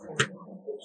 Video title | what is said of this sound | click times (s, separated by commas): Create Your First Advanced Robot - FREE STEP-BY-STEP Makeblock Land Raider Tutorial for BEGINNERS | Make sure it clicks in | 0.2 s